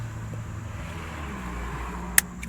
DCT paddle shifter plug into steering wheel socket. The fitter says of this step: okay snap you're going to hear that little snap and then on this side as well